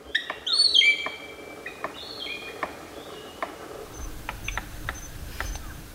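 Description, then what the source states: Palm cockatoo drumming: sharp, irregular knocks, with a few whistled calls early on. Drumming by knocking an object against a tree as part of a mating display.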